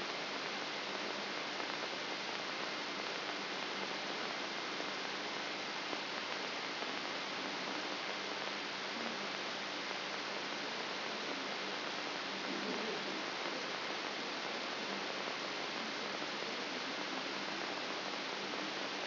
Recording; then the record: brain microelectrode recording played as sound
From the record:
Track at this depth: outside the subthalamic nucleus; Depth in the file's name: 6.501 mm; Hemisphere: left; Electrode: 3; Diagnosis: Parkinson's disease